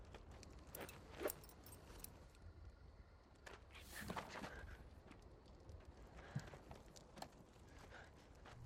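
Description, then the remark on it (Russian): Keys jangle and clink in irregular bursts as someone searches for keys at an open car door, sharp metallic jingles mixed with rustling and shuffling handling noise, with no voices. “Он открыл дверь и ищет ключи.”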